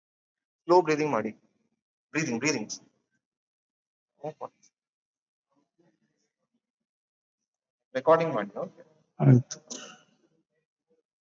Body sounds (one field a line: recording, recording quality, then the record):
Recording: shallow breathing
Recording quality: moderate, slight background noise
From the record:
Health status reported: COVID-19 positive, mild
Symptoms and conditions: cough, cold, breathing difficulty, sore throat, fever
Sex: male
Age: 70 years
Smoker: not ticked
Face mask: worn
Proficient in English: yes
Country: India